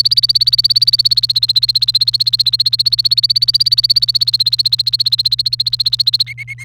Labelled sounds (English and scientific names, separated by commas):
Domestic Canary (Serinus canaria) song